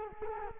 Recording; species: mosquito wingbeat signal from an infrared sensor; Culex quinquefasciatus